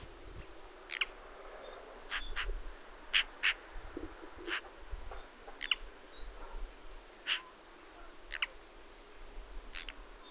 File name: Pica pica